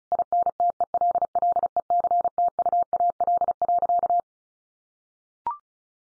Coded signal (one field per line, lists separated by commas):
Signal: Morse code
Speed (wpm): 34 wpm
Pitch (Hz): 700 Hz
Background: none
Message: INTELLECTUAL.